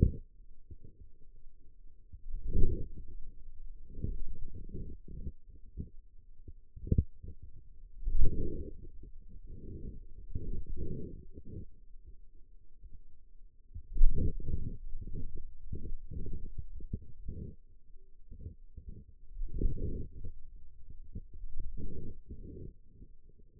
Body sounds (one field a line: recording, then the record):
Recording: forearm muscle sounds (acoustic myography)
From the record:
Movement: wrist extension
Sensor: system 2, bracelet of six BSWA MPA416 microphones around the upper forearm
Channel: 3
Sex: male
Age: 22 years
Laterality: right